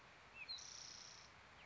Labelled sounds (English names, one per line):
Spotted Towhee